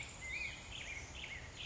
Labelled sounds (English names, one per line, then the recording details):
Black-headed Grosbeak
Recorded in Sonoma County, California